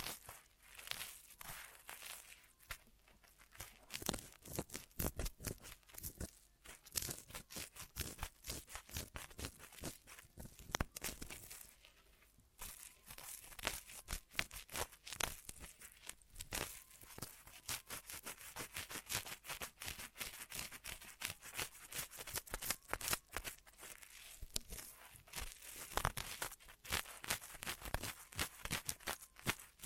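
Ear massage triggers: dense, crackly rubbing and crinkling strokes run continuously and brightly, easing briefly around twelve seconds before resuming at full density.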